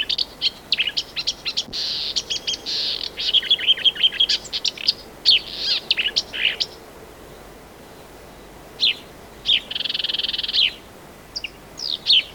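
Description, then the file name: Marsh warbler singing lively chattering and buzzy phrases with thin whistled notes, then a long pause before further scratchy bursts. "Marsh Warbler (Acrocephalus palustris)"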